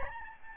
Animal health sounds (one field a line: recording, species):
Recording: mosquito wingbeat signal from an infrared sensor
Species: Aedes albopictus